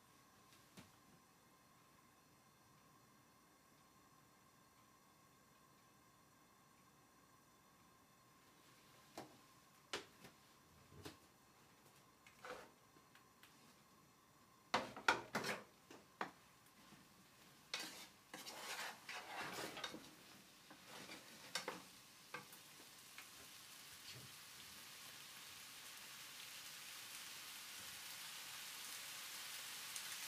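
Eggplant simmering in tomato sauce, with a quiet, faint hum and a steady pitched tone through the first half. From about nine seconds, sharp clinks and scraping stirs come in irregular bursts, busiest between fifteen and twenty-two seconds, while a soft sizzling hiss slowly builds to the end.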